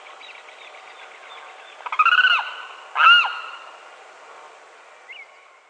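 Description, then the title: Limpkin: loud harsh wailing calls, two of them close together, over a steady background hiss with a faint chirp near the end. "LuckyPassaro Completos2Sama. Limpkin (Aramus guarauna)"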